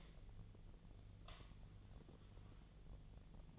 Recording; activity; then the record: daily activity, microphone in the room; light on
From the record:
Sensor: 4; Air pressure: 1010.7 hPa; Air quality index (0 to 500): 175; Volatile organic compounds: 5 ppm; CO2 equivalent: 1782 ppm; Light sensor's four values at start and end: 36/104/41/41 and 36/105/41/42